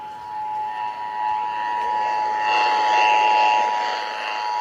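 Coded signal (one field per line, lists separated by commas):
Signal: Emergency Alert System (SAME) tones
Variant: 853 and 960 Hz attention tone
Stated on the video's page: Broadcast radio EAS Required Monthly Test.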